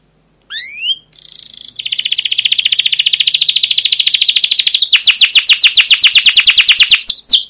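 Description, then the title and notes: Canary song opening with a rising chirp, then a long, sustained rapid trill of repeated notes that grows louder and shifts into quick descending sweeps. Caged canary song used as a lure to train and tutor young canaries to sing long, vigorous songs. "CUIT CUIT NGEROL LANGSUNG GACOR PANJANG Kenari Ini AMPUH Utk Pancingan KENAR. PANCINGAN Kenari GACOR PANJANG Cuit CUIT EMOSI ini AMPUH utk MASTERAN Kenari PAUD belajar BUNYI. burung kenari"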